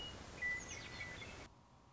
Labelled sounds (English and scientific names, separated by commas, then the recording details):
Western Meadowlark (Sturnella neglecta)
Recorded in Sonoma County, California